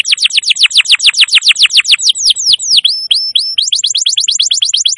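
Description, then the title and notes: Canary song with a rapid run of sharp descending notes, slowing into drawn-out swooping whistles, then another quick high trill. Long, continuous canary song used as a master recording to train birds and lure wild canaries. "Pikat Kenari GACOR PANJANG INI Cocok Untuk Masteran KENARI LIAR. Masteran burung kenari gacor parah"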